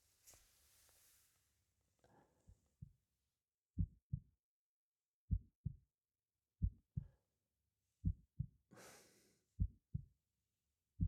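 Slow, regular paired low thumps, lub-dub, about 40 to 45 a minute, heard close against an adult's bare chest after the shirt is taken off. No extra sounds between beats. Brief clothing rustle at the start and a breath near the middle.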